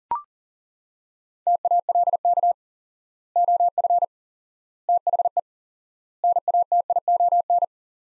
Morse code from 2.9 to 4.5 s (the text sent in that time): OF